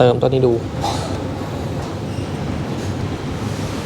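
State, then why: Not seated. A tyre inflator chuck is pressed onto a valve stem fitted with a TPMS sensor cap and a lock ring. Someone talks briefly at the start, then a steady broadband hiss continues with no click. The chuck has not seated or locked because the lock ring is in the way, so the tyre pressure does not rise.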